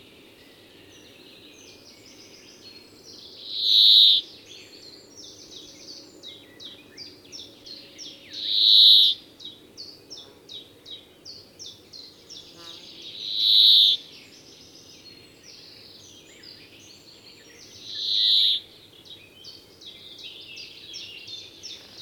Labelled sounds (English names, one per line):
Brambling